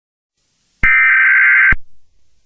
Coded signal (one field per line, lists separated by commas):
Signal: Emergency Alert System (SAME) tones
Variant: header bursts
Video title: EAS Scenario #6: The Hazbin Hotel Disaster